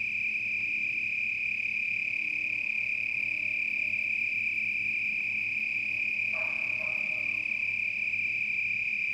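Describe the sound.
Cricket call, a continuous high-pitched trill held evenly throughout, with one brief lower chirp near six seconds.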